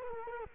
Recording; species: mosquito wingbeat signal from an infrared sensor; Culex quinquefasciatus